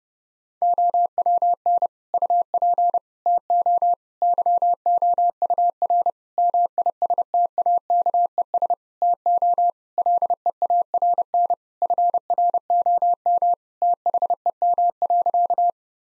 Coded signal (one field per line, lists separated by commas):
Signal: Morse code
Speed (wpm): 30 wpm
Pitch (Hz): 700 Hz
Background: none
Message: OWN UP TO YOUR MISTAKES TO LEARN FROM THEM.